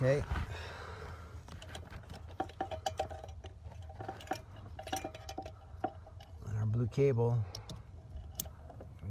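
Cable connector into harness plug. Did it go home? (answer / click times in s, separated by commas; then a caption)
yes / 8.4 s. During an HDMI smartphone-mirroring interface install on a 2019–2022 Chevy Silverado or GMC Sierra, a blue cable's connector is pushed back into its mating harness plug while someone talks, with scattered handling clicks and rustling throughout. A sharp click at 8.4 s marks the connector seating back in.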